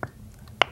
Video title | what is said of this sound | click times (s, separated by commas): Putting Food By: Jams & Jellies (Part 3/4) | see we I've opened that one when I turned it upside down I broke the seal | 0.6 s